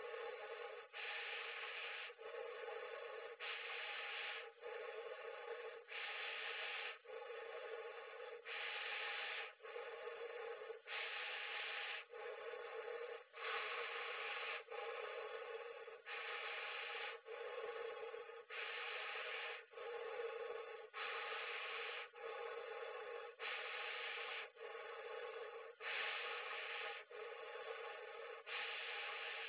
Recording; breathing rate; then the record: paced breathing near a phone; 24 breaths a minute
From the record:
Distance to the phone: 20 cm